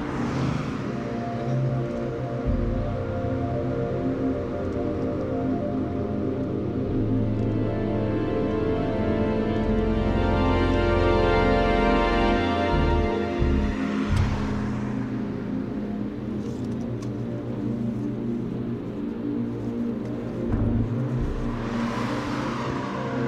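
Traffic sounds from a ride on public transportation, with a steady low rumble that holds throughout and swells slightly around the middle. Sustained tonal layers, like synthesizer or organ, run over it, with brief hissing bursts near fifteen and twenty-two seconds.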